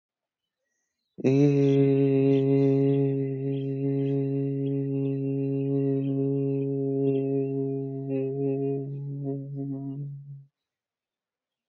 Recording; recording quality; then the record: sustained vowel as in made; excellent, no background noise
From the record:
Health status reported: healthy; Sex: male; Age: 29 years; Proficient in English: yes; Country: India